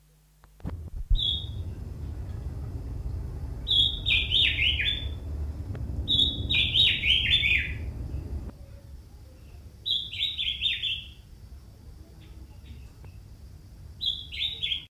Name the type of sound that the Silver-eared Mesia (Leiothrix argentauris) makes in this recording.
song